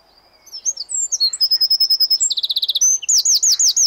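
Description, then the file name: Eurasian wren song, a loud, very high and rapid outpouring of varied twitters that breaks into fast, even trills and ends in a run of ringing, looping notes. "Troglodytes troglodytes"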